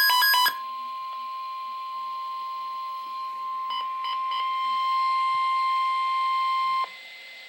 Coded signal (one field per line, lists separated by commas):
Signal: Emergency Alert System (SAME) tones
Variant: 1050 Hz attention tone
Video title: Flood Warning - EAS #282